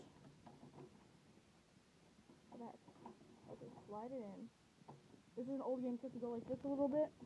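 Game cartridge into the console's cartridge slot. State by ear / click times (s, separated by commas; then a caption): not seated / none. A plastic NES game cartridge is held and slid into the open cartridge slot of the console, with faint plastic scrapes and small taps heard while someone talks. Nothing has been pushed down, locked or clicked into place yet; the cartridge is only being slid in.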